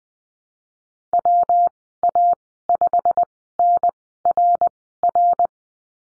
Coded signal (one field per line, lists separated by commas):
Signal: Morse code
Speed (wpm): 20 wpm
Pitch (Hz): 700 Hz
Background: none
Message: W A 5 N R R